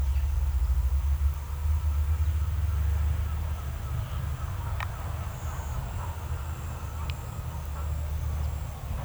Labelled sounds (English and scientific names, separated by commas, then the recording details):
none
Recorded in pastures near Puerto Asís, Putumayo, Colombia, on 20 December 2024 at 09:30
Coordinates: 0.472, -76.329
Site G072